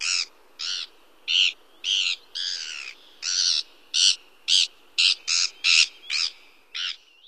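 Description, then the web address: Bonaparte's gull giving harsh, scratchy nasal calls, repeated about twice a second with uneven spacing, a few notes drawn out and buzzy. "Songs of Birds of North America Stokes. Bonapartes Gull"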